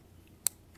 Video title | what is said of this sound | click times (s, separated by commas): INNER SHAFT HUB/ FLYBAR ASSY. | You can snap your linkage in, and it got your rotor going. | 0.5 s